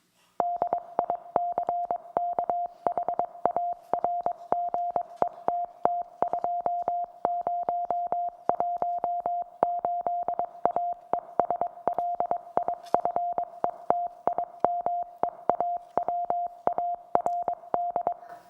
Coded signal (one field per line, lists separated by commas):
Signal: Morse code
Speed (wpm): 22 wpm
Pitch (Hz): 700 Hz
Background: music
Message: DICK HARGETT 2018 AES LIFETIME AWARD